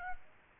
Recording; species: mosquito wingbeat signal from an infrared sensor; Aedes aegypti